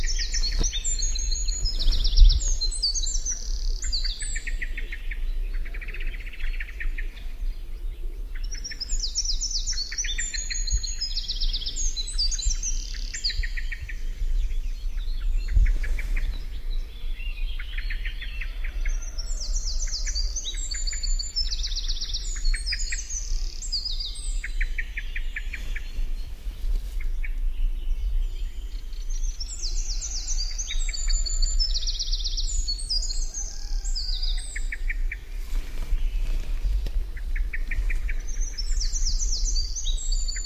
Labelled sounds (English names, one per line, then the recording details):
Eurasian Wren
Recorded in the wild
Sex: male
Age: adult
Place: Praiano, Campania, IT
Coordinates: 40.7833, 14.5333
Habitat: Macchia
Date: 2004-04-04
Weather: 10°C, sunny, almost windless
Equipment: Tascam DA-P1, Sennheiser MKH 70, Windkorb
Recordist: Frommolt, Karl-Heinz